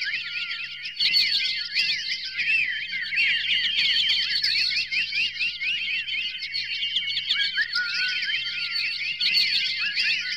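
Birds chattering, a dense chorus of squeaky, twittering and whistled notes rising and falling over a faint low hum.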